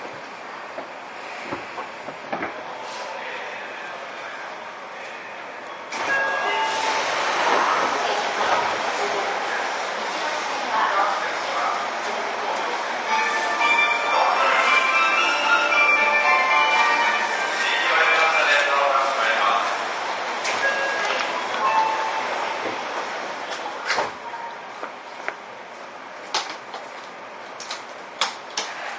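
A Seibu 6000 series train ride, with a steady rolling rumble throughout. Around six seconds the sound jumps louder and busier, with screeching, whining tones through the middle, then eases back after about twenty seconds. Faint voices and occasional clicks sit underneath.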